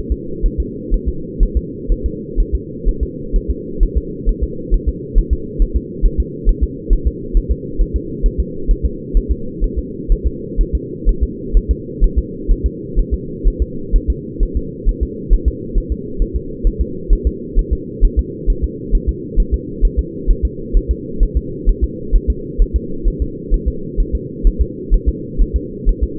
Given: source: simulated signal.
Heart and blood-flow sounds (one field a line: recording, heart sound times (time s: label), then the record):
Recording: fetal heart sounds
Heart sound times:
0.12 s: S2
0.46 s: S1
0.60 s: S2
0.94 s: S1
1.08 s: S2
1.43 s: S1
1.57 s: S2
1.92 s: S1
2.06 s: S2
2.40 s: S1
2.55 s: S2
2.89 s: S1
3.03 s: S2
3.36 s: S1
3.50 s: S2
3.83 s: S1
3.97 s: S2
4.29 s: S1
4.44 s: S2
4.74 s: S1
4.89 s: S2
5.19 s: S1
5.33 s: S2
5.62 s: S1
5.76 s: S2
6.06 s: S1
6.20 s: S2
6.49 s: S1
6.64 s: S2
6.93 s: S1
7.07 s: S2
7.37 s: S1
7.51 s: S2
7.81 s: S1
7.96 s: S2
8.26 s: S1
8.40 s: S2
8.71 s: S1
8.85 s: S2
9.17 s: S1
9.31 s: S2
9.64 s: S1
9.78 s: S2
10.12 s: S1
10.27 s: S2
10.61 s: S1
10.75 s: S2
11.09 s: S1
11.23 s: S2
11.57 s: S1
11.71 s: S2
12.04 s: S1
12.18 s: S2
12.52 s: S1
12.66 s: S2
12.99 s: S1
13.14 s: S2
13.48 s: S1
13.62 s: S2
13.96 s: S1
14.10 s: S2
14.43 s: S1
14.57 s: S2
14.89 s: S1
15.03 s: S2
15.33 s: S1
15.48 s: S2
15.78 s: S1
15.92 s: S2
16.22 s: S1
16.36 s: S2
16.67 s: S1
16.81 s: S2
17.13 s: S1
17.27 s: S2
17.59 s: S1
17.73 s: S2
18.05 s: S1
18.19 s: S2
18.50 s: S1
18.64 s: S2
18.95 s: S1
19.09 s: S2
19.40 s: S1
19.54 s: S2
19.85 s: S1
19.99 s: S2
20.31 s: S1
20.45 s: S2
20.77 s: S1
20.91 s: S2
21.23 s: S1
21.37 s: S2
21.69 s: S1
21.84 s: S2
22.16 s: S1
22.30 s: S2
22.62 s: S1
22.76 s: S2
23.08 s: S1
23.22 s: S2
23.54 s: S1
23.68 s: S2
24.00 s: S1
24.15 s: S2
24.47 s: S1
24.62 s: S2
24.94 s: S1
25.09 s: S2
25.42 s: S1
25.56 s: S2
25.89 s: S1
26.03 s: S2
From the record:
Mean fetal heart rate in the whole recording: 130 bpm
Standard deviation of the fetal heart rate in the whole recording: 4 bpm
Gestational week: 38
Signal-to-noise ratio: -4.3 dB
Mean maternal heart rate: 72 bpm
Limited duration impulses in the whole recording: absent